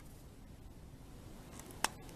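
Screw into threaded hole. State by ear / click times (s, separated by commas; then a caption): seated / 1.8 s. A screwdriver turns a screw counterclockwise in its threaded hole, with only faint ticks against a quiet background. At 1.8 s a single sharp click sounds as the screw's thread drops into the start of the mating thread, and the screw is seated.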